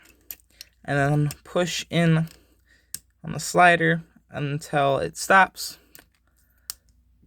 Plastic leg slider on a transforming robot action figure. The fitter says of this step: and you hear a little click then there's a little Tab and there's a little hole right there